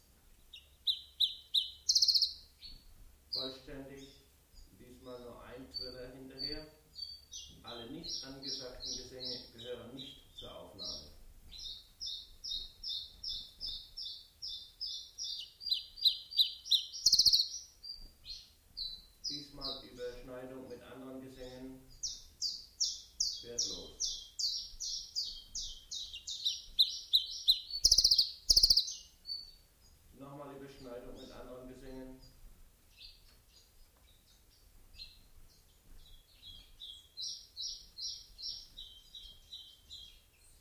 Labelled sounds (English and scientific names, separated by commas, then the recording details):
Common Chiffchaff (Phylloscopus collybita)
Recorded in captivity
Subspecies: collybita
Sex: male
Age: adult
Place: Zoologisches Institut Universität Tübingen, Spanierzimmer, Baden-Württemberg, DE
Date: 1969-06-13
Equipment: Nagra III PH, MKH 805, PES 26
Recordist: Schneider, Hans-Joachim
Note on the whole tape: Männchen blau/blau -rot/gelb aus eignerer Zucht 1967: sonderbare Gesänge mit brehmii-artigen Triller. MaAs: U.K